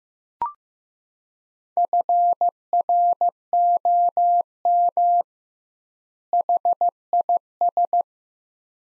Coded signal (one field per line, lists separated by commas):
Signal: Morse code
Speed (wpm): 15 wpm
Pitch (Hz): 700 Hz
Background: none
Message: FROM HIS